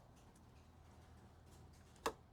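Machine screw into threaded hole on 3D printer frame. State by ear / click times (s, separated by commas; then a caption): seated / 2.1 s. A machine screw is backed out of a threaded hole in the frame of a Creality Ender 3 S1 3D printer until its thread drops into engagement. A faint tick is followed by one sharp little click at 2.1 seconds, showing the thread is lined up to avoid cross-threading. The screw is seated.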